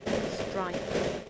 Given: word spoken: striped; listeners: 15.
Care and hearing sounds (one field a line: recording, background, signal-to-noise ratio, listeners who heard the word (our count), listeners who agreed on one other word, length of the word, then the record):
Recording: one English word in noise, from a listening test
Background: noise modulated by three-talker babble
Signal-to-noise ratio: -6.5 dB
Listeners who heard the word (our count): 0 of 15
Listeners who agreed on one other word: 13 of 15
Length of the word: 0.90 s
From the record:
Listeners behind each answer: 13, 2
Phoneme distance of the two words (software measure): 17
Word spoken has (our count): 1 syllable, 6 phonemes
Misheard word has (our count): 1 syllable, 5 phonemes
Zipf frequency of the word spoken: 3.25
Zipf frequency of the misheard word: 4.73